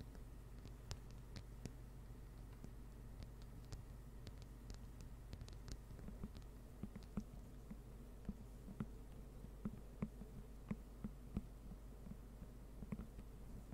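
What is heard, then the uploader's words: Slow, rain-like tapping: sharp, bright clicks fall one by one at irregular moments, a few per second, growing slightly more frequent after the midpoint. Beneath them runs a steady low hum with a faint murmur, constant throughout. ASMR NO TALKING slow rain-like Tapping.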